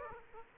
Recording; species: mosquito wingbeat signal from an infrared sensor; Aedes aegypti